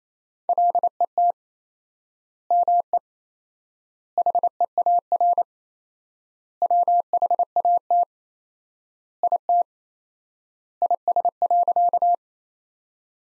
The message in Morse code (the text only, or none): LET ME HEAR WHAT IT IS.